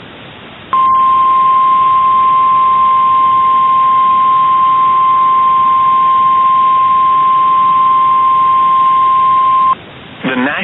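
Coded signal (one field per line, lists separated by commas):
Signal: Emergency Alert System (SAME) tones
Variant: 1050 Hz attention tone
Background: speech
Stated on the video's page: Real EAS alerts received during the December 2021 derecho across Iowa.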